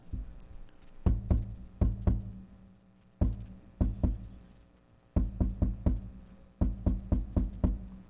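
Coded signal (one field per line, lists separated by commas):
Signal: tap code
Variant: POW prison tap code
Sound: wooden knocks in groups of 2, 2, 3 and 4, with pauses between groups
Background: room echo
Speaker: I would like to close with with this tap code because you know what it means now god bless you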